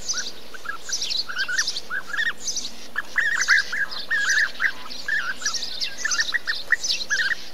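Bee-eater calls, short burry trills repeated rapidly throughout.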